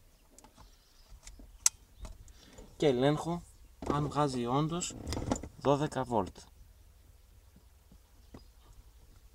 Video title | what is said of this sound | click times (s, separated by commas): icom 2820 AUTO/ | αυτή την πατέντα εδώ κουμπώνει αυτό εδώ και | 1.7 s